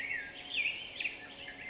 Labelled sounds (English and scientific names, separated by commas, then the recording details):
Black-headed Grosbeak (Pheucticus melanocephalus)
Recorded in Sonoma County, California